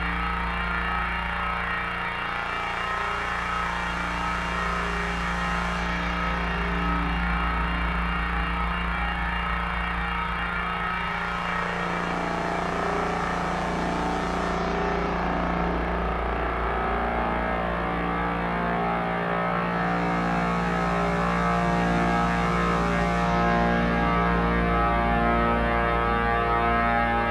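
A drone hums steadily for the whole stretch, a low engine-like tone layered with many buzzing overtones. The pitch shifts slightly now and then, and a brighter hiss swells and fades in slow waves roughly every eight or nine seconds.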